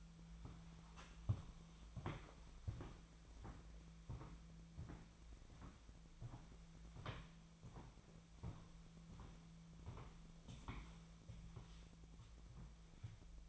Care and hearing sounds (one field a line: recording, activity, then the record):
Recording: daily activity, microphone in the room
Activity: walk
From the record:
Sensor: 1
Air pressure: 1008.3 hPa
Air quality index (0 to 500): 191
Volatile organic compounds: 17 ppm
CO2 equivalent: 2585 ppm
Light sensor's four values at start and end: 17/44/18/21 and 17/44/18/21